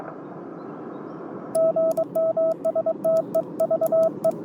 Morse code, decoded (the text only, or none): GM STEVE